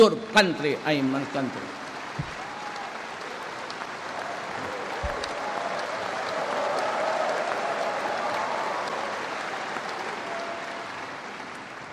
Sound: applause